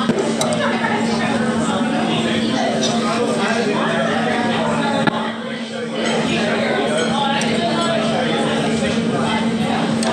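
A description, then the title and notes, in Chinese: Background sound in a local Vietnamese restaurant: a dense, steady hum of many voices talking at once, with occasional clinks of dishes and cutlery. A constant low electrical hum runs underneath, and the chatter dips briefly just after the midpoint. 在當地一個越南飯店的背景音。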